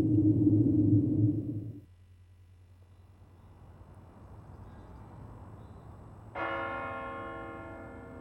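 A low droning hum fades into quiet rustling, then a church bell tolling a death knell at night strikes once in a slow, mournful toll, its rich metallic ring lingering and slowly decaying.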